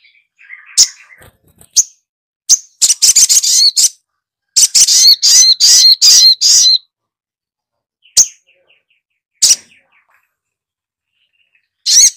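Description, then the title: Spiderhunter song: high, sharp chirps and bursts of rapid buzzy trills, with silent gaps between phrases. Training recording for teaching songbirds. "Sogok Ontong Labaik"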